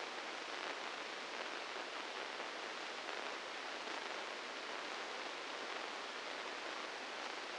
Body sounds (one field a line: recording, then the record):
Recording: brain microelectrode recording played as sound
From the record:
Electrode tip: inside the subthalamic nucleus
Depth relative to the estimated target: -3 mm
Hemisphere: right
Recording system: NeuroSet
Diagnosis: Parkinson's disease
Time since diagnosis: 15 years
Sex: female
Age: 59 years